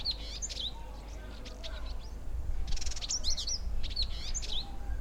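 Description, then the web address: Village indigobird song of quick high chirps, sweeping whistles and a harsh buzzy rattle, in a busy jumbled sequence above low rumbling noise. "Indigobird Song Vidua chalybeata"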